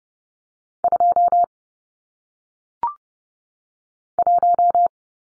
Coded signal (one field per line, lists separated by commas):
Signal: Morse code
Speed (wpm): 30 wpm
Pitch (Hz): 700 Hz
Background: none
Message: 2 1